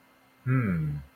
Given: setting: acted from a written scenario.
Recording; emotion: vocal sound without words; contentment